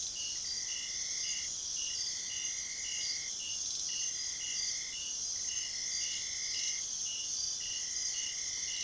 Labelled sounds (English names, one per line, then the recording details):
none
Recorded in secondary vegetation near Puerto Asís, Putumayo, Colombia, on 22 June 2025 at 00:30
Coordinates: 0.500, -76.326
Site GP08